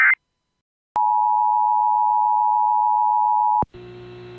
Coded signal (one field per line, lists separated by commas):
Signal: Emergency Alert System (SAME) tones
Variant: 853 and 960 Hz attention tone